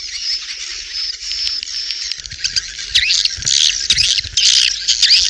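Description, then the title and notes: Swiftlets twittering in a shrill, buzzy chorus with scratchy chirps that grow louder and more broken partway through. Swiftlet sounds used in swiftlet farming in Asia. "Swiflet Bird Sound. Farming Swiflet Bird asia sound"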